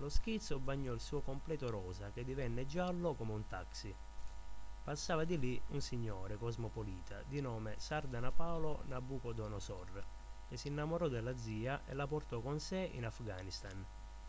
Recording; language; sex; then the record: read passage; Italian; male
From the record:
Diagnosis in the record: healthy control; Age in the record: 21 years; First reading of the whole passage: 51 s, 10.2 characters per second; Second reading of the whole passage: 47 s, 11.0 characters per second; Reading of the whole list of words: 60 s, 4.7 characters per second